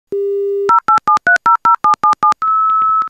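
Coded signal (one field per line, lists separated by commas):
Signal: DTMF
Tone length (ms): 120 ms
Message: 087300777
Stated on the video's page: Dial-up modem connecting over a conventional telephone line to an Internet service provider.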